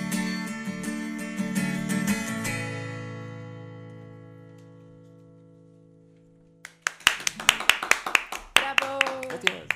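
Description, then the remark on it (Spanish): A sustained chord rings out and slowly fades, then a few people break into sharp, uneven hand claps, one of them holding a guitar, mixed with voices talking over them. “Porque uno de los que aplaude tiene una guitarra en la mano.”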